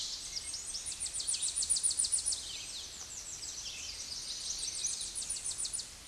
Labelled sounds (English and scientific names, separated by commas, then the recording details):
Tennessee Warbler (Leiothlypis peregrina) song
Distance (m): 15 m
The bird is about 10 m above the microphone
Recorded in a Pennsylvania forest on 16 May 2024 at 09:54
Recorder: AudioMoth, point MSD-1401
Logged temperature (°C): 16.4 °C
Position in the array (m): 64 m, 170 m